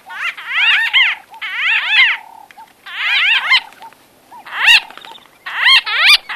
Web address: white-fronted bee-eater